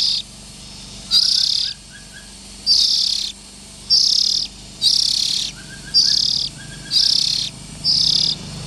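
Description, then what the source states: Oriental magpie-robin young making rasping hisses nearly once a second, with faint soft notes in between. Young birds.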